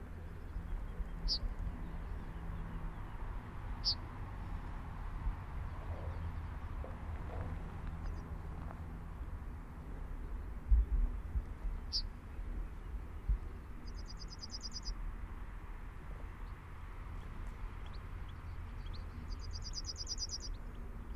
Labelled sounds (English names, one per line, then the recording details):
Yellowhammer
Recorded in the wild
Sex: male
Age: adult
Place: Hobrechtsfelder Rieselfelder, Naturpark Barnim, Brandenburg, DE
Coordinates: 52.6778, 13.5186
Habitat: Feldflur
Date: 2006-04-20
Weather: heiter, windstill, ca. 12°C
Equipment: Edirol R-4, Sennheiser MKH 70, Windkorb
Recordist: Frommolt, Karl-Heinz